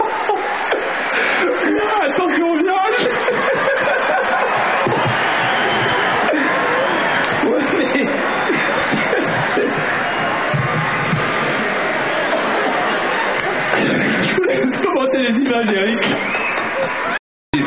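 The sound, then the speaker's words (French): A large crowd at the Sydney Aquatic Centre swimming pool applauds and cheers in a loud, continuous roar that holds steady for about seventeen seconds, with scattered shouts rising out of the din, as swimmer Eric Moussambani swims his race alone. “Très, très applaudi par le public de l'Aquatic Center de Sydney.”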